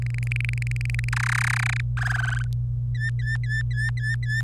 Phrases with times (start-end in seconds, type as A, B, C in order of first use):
0.02-1.09 A, 1.12-1.80 B, 1.97-2.42 C, 2.95-4.42 D